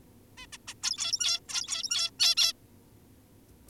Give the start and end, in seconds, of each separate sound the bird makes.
0.38-0.46, 0.53-0.58, 0.68-0.74, 0.83-1.40, 1.49-2.11, 2.19-2.35, 2.37-2.53